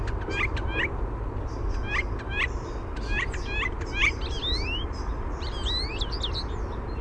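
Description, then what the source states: European Starling singing rapid clicking double notes, then rising slurred whistles and squeaky chatter, all over a low steady rumble. Male singing at a nest cavity; song includes imitations of other species' calls.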